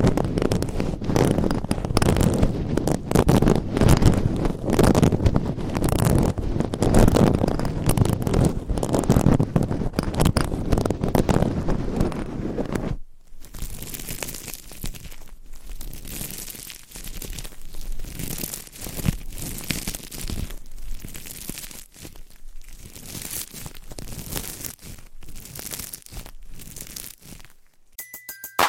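Scratching on a microphone, layered into a dense, rough, constant rasp. For the first thirteen seconds it is loud and full, with heavy low rumble under crackly scraping; after a brief break it continues thinner and brighter, ending with a short burst and a tone.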